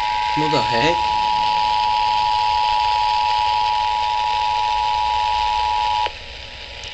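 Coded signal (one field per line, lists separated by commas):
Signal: Emergency Alert System (SAME) tones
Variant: 853 and 960 Hz attention tone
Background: speech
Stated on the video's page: EAS test received on FM 92.9 with background noise from another station at the start.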